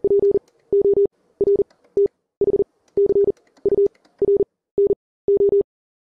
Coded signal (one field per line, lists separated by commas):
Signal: Morse code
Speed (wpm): 40 wpm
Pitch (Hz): 400 Hz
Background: none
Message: PORTHCURNO